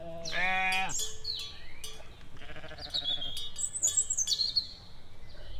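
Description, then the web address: Sheep letting out a loud bleat at the start, followed by a softer one, with birdsong twittering and whistling afterwards. "nature owce"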